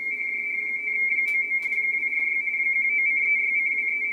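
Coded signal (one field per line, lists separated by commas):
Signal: RTTY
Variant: 45 baud RTTY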